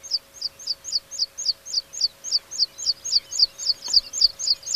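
Meadow Pipit song of evenly spaced, thin high notes repeated steadily about four times a second over quiet background.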